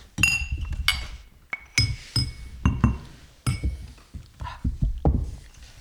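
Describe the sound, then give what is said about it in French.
Dishes and glasses clink and clatter as several people quickly clear away a table and chairs, a busy run of sharp bright chinks mixed with duller thuds and knocks at an irregular, steady pace. “Tous débarrassent en un tour de main, font disparaître table et chaises”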